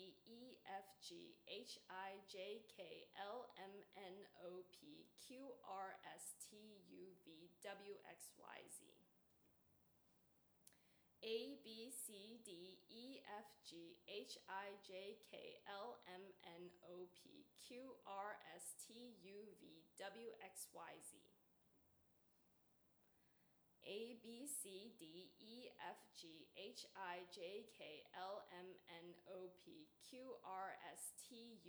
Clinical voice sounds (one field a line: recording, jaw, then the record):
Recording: letters of the alphabet, spoken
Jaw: free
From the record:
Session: seven days later